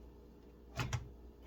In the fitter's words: No, it's not seated in all the way.